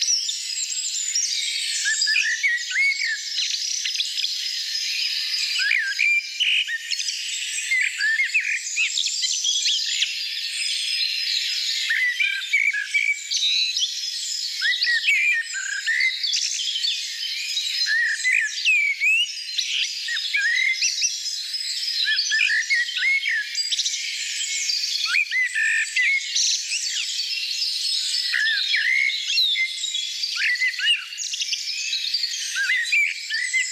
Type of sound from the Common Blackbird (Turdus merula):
song